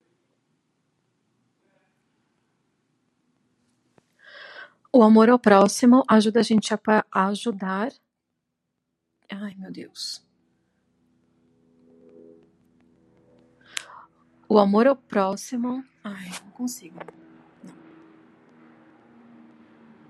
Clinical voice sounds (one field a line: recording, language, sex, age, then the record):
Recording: spoken sentence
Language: Brazilian Portuguese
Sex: female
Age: 40 to 49 years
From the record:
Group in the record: control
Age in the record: 49 years